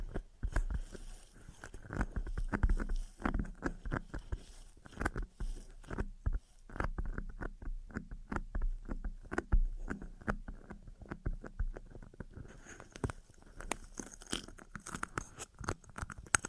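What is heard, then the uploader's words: ASMR triggers from a box: a dense, irregular run of crisp taps, clicks and crunchy crinkles that continues without pause. The sounds are dry, with a low thump under some taps, and turn brighter and more rustly after about twelve seconds. ASMR 12 Sleepy Triggers in a Box (No Talking).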